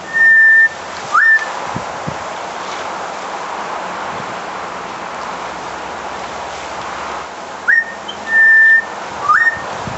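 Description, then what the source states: Butcherbird calls: a clear level whistle followed by a sharply upslurred whistle, then after a long pause an upslurred whistle, a level whistle and another upslurred whistle, over steady background hiss. Female bird calling for her mate, who had died a couple of days earlier from canker.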